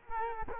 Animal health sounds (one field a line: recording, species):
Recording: mosquito wingbeat signal from an infrared sensor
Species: Culex quinquefasciatus